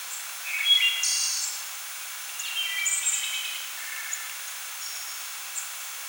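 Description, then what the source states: Wood thrush song phrases, short fluty notes and high trills in separate bursts, over a steady background hiss. A chorus of several singing birds.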